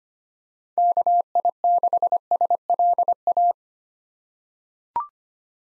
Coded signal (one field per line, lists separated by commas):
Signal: Morse code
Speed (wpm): 25 wpm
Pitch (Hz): 700 Hz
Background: none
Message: KI6SLA